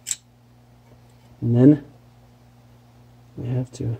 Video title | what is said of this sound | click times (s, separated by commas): home made crimper for battery cables | oh yeah, and I have to open up my tool here, one little click, and | 0.1 s